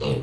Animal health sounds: contact call of a hoofed animal; pig; closed-mouth grunt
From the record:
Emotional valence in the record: positive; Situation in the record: food and toys in familiar pen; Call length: 0.22 s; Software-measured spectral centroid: 2040 Hz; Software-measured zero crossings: 1260 a second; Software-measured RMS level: -25 dBFS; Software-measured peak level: -13 dBFS

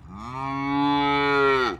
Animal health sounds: contact call of a hoofed animal; cattle; low-frequency (closed-mouth) or high-frequency (open-mouth) call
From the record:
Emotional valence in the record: negative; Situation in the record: full separation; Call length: 1.80 s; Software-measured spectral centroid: 1700 Hz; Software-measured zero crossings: 1860 a second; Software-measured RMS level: -23 dBFS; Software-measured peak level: -11 dBFS

